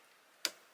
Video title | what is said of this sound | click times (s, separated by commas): Naughty Elf Arrival Envelope Christmas Elf Return Ideas With Your Cricut | and then I'm just going to put it in until it clicks it's not a very loud click listen | 0.4 s